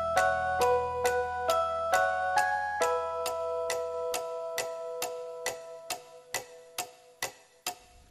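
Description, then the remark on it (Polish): A clock ticks in a steady, even rhythm, about fourteen sharp ticks, over sustained ringing chime-like tones that gradually fade, with a low hum dropping away halfway through. “Zegarek, killersi, minutami, sekundami było odmierzane życie tych, którzy zmienili ten nasz świat.”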